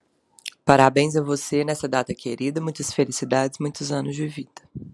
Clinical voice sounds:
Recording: short text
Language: Brazilian Portuguese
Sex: female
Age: 30 to 39 years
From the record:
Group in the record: control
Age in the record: 32 years

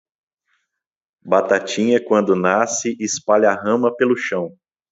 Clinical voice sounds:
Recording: short text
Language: Brazilian Portuguese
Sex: male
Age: 30 to 39 years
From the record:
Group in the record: control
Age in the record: 37 years

